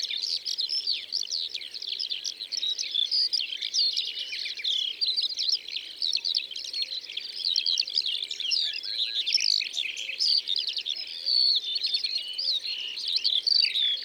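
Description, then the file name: Eurasian skylark song, a sustained, fast, jangling flow of high chirps and short whistles, steady throughout. Drôme, France. "Alouettes des champs Concerts Naturels de la Drome Studio les Trois Becs"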